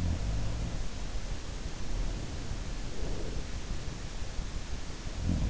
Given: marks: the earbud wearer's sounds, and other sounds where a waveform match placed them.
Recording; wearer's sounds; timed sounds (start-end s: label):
sounds in sleep by an in-ear microphone; breath
0.00-1.01 s: sound from someone else or the room
1.61-3.71 s: breath
5.06-5.50 s: sound from someone else or the room